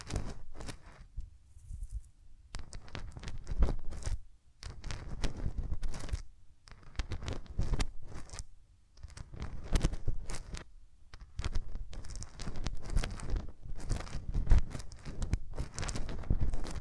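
Hands rub over ears very close to the microphone, making dense, crackling, rustling bursts that run a second or two at a time. Brief quiet pauses break the rubbing every few seconds, and no speech is heard.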